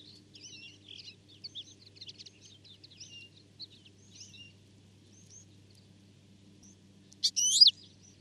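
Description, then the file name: European goldfinch calls: soft, faint twittering runs through the first half, then one sharp, bright call burst near the end. "Carduelis carduelis"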